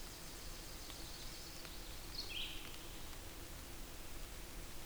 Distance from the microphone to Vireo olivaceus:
about 50 m